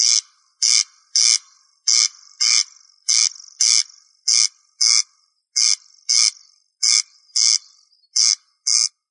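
Rail giving a steady run of grating, buzzy notes, many in quick pairs, throughout.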